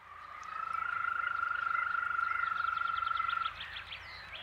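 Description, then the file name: European green toad trill: a long, even, purring trill held at one pitch for about three seconds, with faint higher clicking sounds joining near its end and continuing after. Recorded 17 April 2013 at 18:31. "B18h31m51s17apr2013 ropucha zielona"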